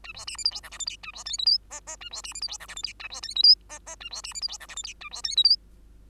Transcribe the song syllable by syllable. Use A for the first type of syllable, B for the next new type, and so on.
A B C D E F G H I J A B K L M N N A B C D E F G H I J A B K L M N N A B C D E F G H I J A B K L M